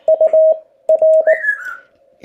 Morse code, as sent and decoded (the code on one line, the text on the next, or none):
..- / .-.
U R